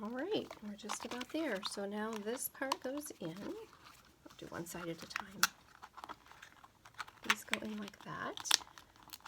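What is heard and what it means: A paper insert piece for a decorated mini pumpkin craft box is pushed in one side at a time while someone talks, with soft paper crinkling and small handling taps. Nothing has seated or clicked yet.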